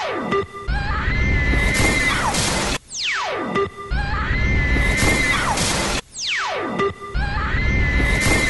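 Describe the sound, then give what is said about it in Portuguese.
The character Eleven's high, wavering scream rings out over loud shattering mirror glass, followed by a sharp downward whoosh. The scream-and-crash sequence repeats three times in a row, loud and dense. “Eu quero aquele grito quebrando o espelho e tudo mais, sabe?”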